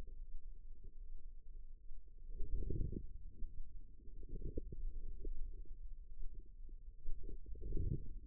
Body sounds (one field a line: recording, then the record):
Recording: forearm muscle sounds (acoustic myography)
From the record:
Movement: wrist flexion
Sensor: system 2, bracelet of six BSWA MPA416 microphones around the upper forearm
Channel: 3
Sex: female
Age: 25 years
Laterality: right